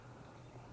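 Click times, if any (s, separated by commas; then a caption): none. A cleaned mass air flow sensor from a VW MK5 2.5 is handled at its plastic intake housing, where it must sit flush in a small channel, before its two Torx 20 screws go back in. Only a low, steady hum with faint rustling is heard, with no sharp sounds. Nothing has seated or clicked yet.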